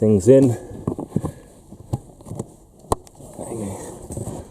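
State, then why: Seated. A plastic retaining clip on a fitted car floor mat in a Vauxhall Opel Insignia SRI 2.0 is pressed into the floor fixing. Someone talks at the start, then several small taps and handling noises follow before a sharp, loud snap at 2.9 s. The clip seats in place.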